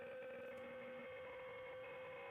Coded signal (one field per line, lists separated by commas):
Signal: PSK63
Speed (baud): 62.5 baud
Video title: M0KNM - UKEICC 80m Contest Livestream 01/01/25